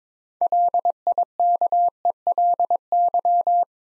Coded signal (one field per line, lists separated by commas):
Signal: Morse code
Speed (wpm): 23 wpm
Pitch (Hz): 700 Hz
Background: none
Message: LIKELY